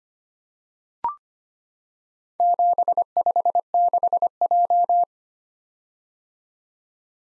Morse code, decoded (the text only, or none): 756J